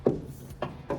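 The lower end of a trunk gas strut on a 1994–2004 SN95 Mustang, skinny side down, has its ball socket pushed onto a new metal ball pivot stud that replaces a broken one. Three short hits are heard at about 0.1, 0.6 and 0.9 seconds. The socket snaps into place at 0.6 seconds and is seated.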